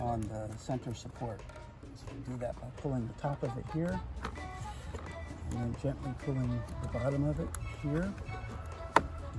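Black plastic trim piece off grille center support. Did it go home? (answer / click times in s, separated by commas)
released / 9.0 s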